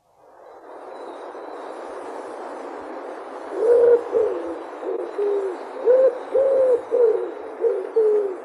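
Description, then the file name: Common wood pigeon coos begin after a few seconds of quiet hiss, then follow as a run of soft, low, hooting notes, some dipping in pitch. "ringdue"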